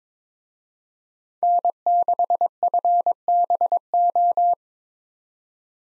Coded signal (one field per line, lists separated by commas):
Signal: Morse code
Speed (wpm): 22 wpm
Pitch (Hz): 700 Hz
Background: none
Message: N6FBO